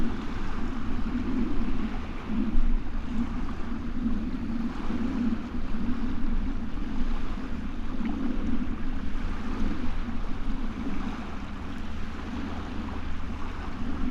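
A ship's engine drones steadily across an estuary, a low, throbbing rumble with a faint rhythmic pulse and a deeper hum beneath it. The level barely changes over the fourteen seconds, with a soft wash of wind and water behind.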